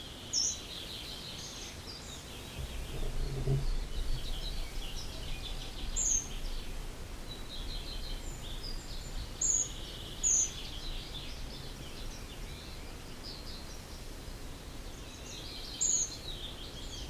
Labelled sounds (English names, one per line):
Short-toed Treecreeper